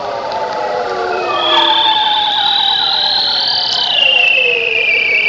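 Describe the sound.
Bearded seal trill: warbling tones give way to a long, high, rising whistle-like sweep that peaks and then glides slowly downward, over a constant hiss.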